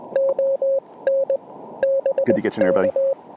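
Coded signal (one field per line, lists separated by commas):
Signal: Morse code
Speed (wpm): 20 wpm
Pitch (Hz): 540 Hz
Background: speech, radio noise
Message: ON BK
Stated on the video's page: QRP CW park activation on an Elecraft KX2 with paddles and a homebrew 40m EFHW antenna.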